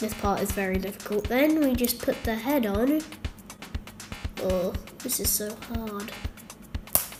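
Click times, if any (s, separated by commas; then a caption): 6.9 s. Someone talks over background music while struggling to fit a two-part plastic mask and head onto a Lego building-brick minifigure, then presses the piece home. One sharp, loud click stands out at about 7.0 s as the piece seats onto the minifigure.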